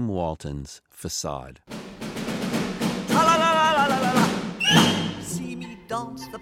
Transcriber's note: soundbite of poem, polka